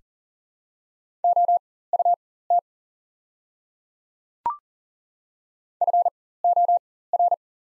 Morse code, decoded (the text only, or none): OUT FOR